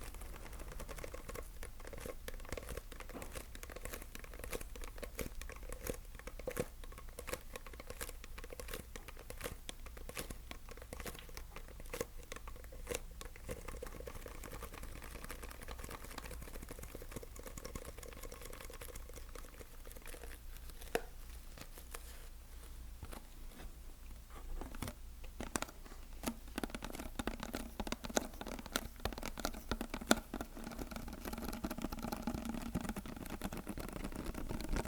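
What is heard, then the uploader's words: Sticky tapping: a dense run of small crackling, peeling clicks that continues throughout with no pauses. The taps come quickly and irregularly over a low steady hum. The clicks grow sharper and more frequent toward the end, with a faint low rumble underneath. ASMR Sticky Tapping.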